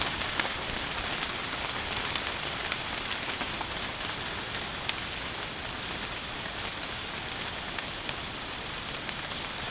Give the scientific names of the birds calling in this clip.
none